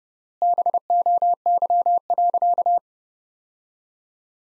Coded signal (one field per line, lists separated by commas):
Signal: Morse code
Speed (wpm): 30 wpm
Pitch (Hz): 700 Hz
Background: none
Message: BOY.